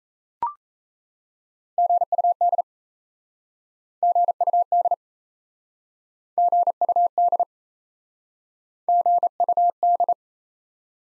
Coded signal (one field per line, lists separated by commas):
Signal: Morse code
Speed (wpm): 38 wpm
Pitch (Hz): 700 Hz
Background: none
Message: GUD GUD GUD GUD